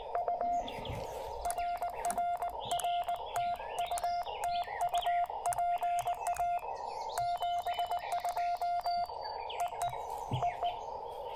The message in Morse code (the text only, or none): U RRR TU TU PA 72 EE EE